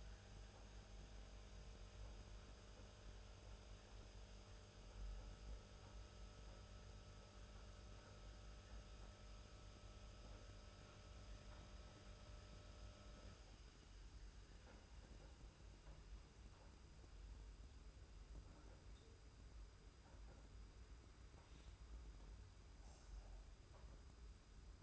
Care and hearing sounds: daily activity, microphone in the room; make coffee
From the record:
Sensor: 2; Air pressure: 991.6 hPa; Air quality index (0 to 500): 187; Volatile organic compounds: 1000 ppm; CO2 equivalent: 6128 ppm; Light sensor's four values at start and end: 33/98/38/36 and 33/99/38/36

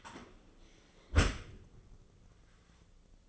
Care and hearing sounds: daily activity, microphone in the room; close dishwasher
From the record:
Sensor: 4

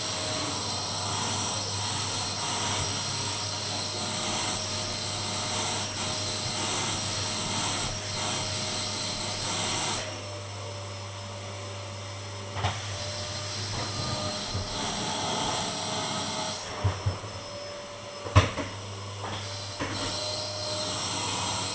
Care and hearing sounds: daily activity, microphone in the room; vacuum cleaning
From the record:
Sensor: 4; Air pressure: 1011.1 hPa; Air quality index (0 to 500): 150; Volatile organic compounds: 3 ppm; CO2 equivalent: 1532 ppm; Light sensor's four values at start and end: 79/211/88/92 and 84/225/94/99

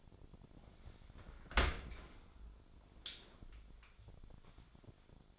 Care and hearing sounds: daily activity, microphone in the room; open dishwasher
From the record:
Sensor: 5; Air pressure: 1006.9 hPa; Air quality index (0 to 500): 183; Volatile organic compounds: 5 ppm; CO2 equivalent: 1746 ppm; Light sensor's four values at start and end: 54/151/59/60 and 53/149/58/59

